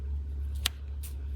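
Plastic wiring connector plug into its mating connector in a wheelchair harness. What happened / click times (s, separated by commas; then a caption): The plastic wiring connector snapped together / 0.7 s. A plastic wiring connector plug is pushed one-handed into its mating connector in a wheelchair harness, over a steady low hum. After a soft rustle, a single sharp click at 0.7 s shows the halves snapping together and seating, unlike another pair that only holds by a tight friction fit.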